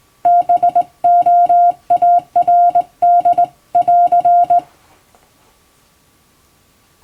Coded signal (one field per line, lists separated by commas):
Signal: Morse code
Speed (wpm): 20 wpm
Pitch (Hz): 700 Hz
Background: music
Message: BOARD<AR>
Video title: 手打ちで綺麗にモールス信号を打てるとカッコイイ！練習すれば打てます！欧文モールスを欧文電報練習帳で打ってます！YouTubeの再生速度を調整して聴いてみよう(morse code practice)